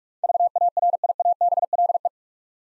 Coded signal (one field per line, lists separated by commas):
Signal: Morse code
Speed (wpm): 44 wpm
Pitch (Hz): 700 Hz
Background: none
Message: VARIABLE